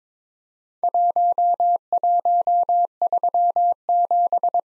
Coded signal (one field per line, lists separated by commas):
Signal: Morse code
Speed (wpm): 22 wpm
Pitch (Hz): 700 Hz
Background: none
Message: 1137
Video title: Worked All Europe DX Contest QTC Exchange 22wpm